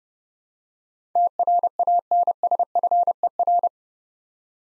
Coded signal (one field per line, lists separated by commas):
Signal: Morse code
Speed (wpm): 30 wpm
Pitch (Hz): 700 Hz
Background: none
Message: TRANSFER